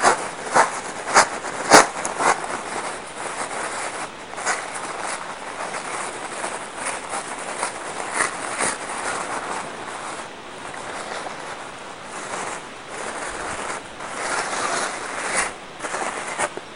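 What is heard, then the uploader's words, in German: Paper napkins are crinkled and folded into roses, a dense, continuous crackling rustle with a few sharper snaps in the first two seconds. Serviettenrosen Basteln.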